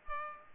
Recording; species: mosquito wingbeat signal from an infrared sensor; Culex pipiens